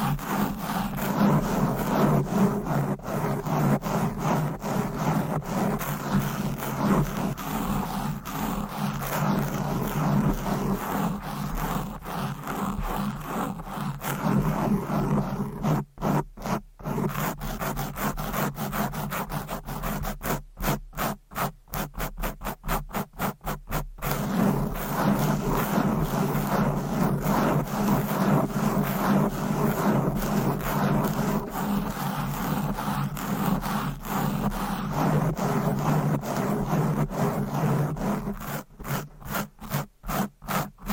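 Fast, aggressive scratching of microphone covers with nails, a dense rasping texture with a strong low, rumbling body. It runs nearly continuously, broken by rapid stuttering bursts of quick strokes around 16, 20–24 and 38–41 seconds.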